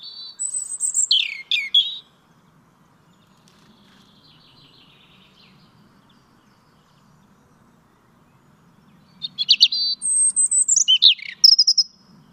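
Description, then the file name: European robin producing high, liquid warbled phrases with sliding whistles, a soft quiet trill in the pause, then another varied phrase later. "Erithacus rubecula"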